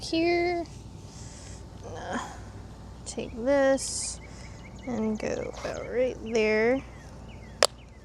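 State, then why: Seated. While planting, a garden fitting is positioned and pushed into its mount as someone talks. A single sharp, loud click sounds at 7.6 seconds as the fitting seats in place.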